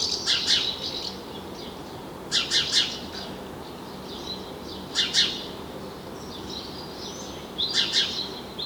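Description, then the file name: House sparrow calls: short bursts of two or three scratchy chirps every couple of seconds, with faint high tonal notes between bursts. "Passer domesticus"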